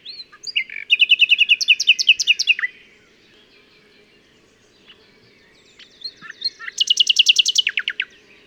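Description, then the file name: Common nightingale song: two loud phrases of rapid, evenly repeated high notes with a pause between them. "Luscinia megarhynchos"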